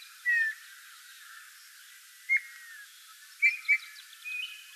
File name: Pyrrhula pyrrhula